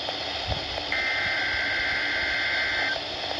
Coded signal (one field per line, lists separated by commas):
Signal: Emergency Alert System (SAME) tones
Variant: header bursts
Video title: 8/30/23 - KHB38 & WXJ94 Required Weekly Tests (EAS #865 & EAS #866)